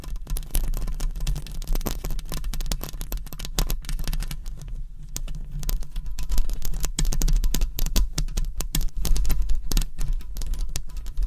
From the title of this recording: Mic Scratching - Brain Scratching Hypnotic Asmr No Talking for Sleep with Long Nails